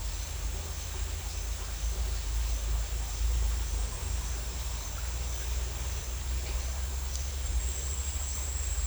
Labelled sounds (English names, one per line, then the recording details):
none
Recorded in dense forest near Puerto Asís, Putumayo, Colombia, on 20 December 2024 at 09:30
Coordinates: 0.467, -76.328
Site GP05